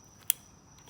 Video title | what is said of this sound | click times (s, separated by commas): Replacing Spark Plugs On J Series 3.5 V6 Honda (2008 - 2017) Save Money & Save Time | Get a nice little satisfying click. | 0.3 s